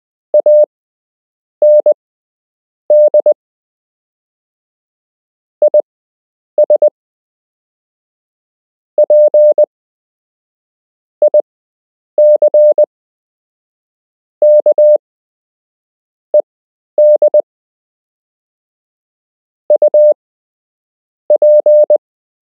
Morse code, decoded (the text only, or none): AND IS PICKED UP